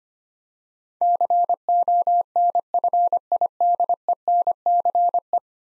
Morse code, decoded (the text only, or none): CONFIDENCE